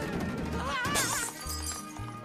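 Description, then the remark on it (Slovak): Car headlight glass shatters in one sharp, bright crash about a second in, scattering quick tinkling fragments before fading, with a steady low rumble running underneath throughout. “Jediné, čo vidím, je rozbité svetlo, šo.”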